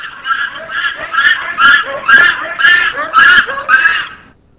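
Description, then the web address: Pan ape (chimpanzee or bonobo) panting calls: a rhythmic series of breathy, rasping pants, about two a second, steady in pitch before stopping. "LIVING LINKS av chimp bonobo vocals"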